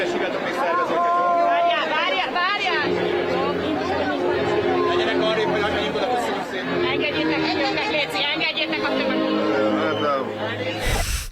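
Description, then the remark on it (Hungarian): A dense crowd at a march chatters continuously as the march sets off toward Széna tér, many overlapping voices forming a loud, steady babble with occasional louder calls rising above it, ending in a brief burst of hissy noise. “Így nézett ki az indulás pillanata.”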